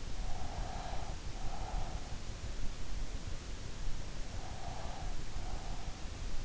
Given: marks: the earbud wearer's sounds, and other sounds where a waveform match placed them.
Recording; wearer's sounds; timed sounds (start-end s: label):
sounds in sleep by an in-ear microphone; breath
0.15-2.54 s: breath
4.28-6.09 s: breath